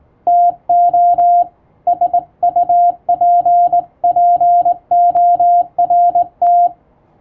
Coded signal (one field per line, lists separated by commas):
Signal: Morse code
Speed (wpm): 20 wpm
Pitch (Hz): 700 Hz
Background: none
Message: TO SUPPORT